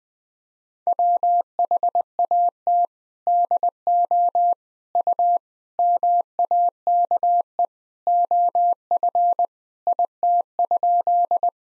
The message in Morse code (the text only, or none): WHAT DO U MAKE OF IT?